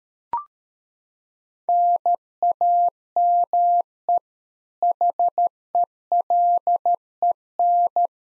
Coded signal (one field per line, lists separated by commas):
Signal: Morse code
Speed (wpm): 13 wpm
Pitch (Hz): 700 Hz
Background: none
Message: NAME HELEN